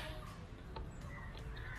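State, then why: Not seated. The folding stem latch on a Toydget HB5 electric kick scooter is handled, with the folding lever lifted toward the locking position. Two short knocks are heard at about 0.8 s and 1.4 s over steady background noise. The clip ends before the part goes home, so nothing has seated or locked yet.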